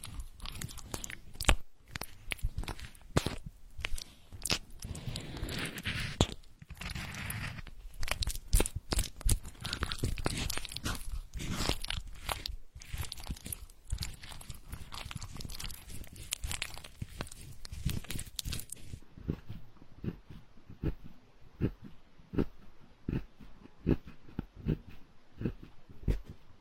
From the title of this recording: tapping the water flow, smearing and tearing massage